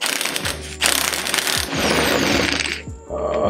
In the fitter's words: And it just stripped it out again. Literally the exact same thing just happened.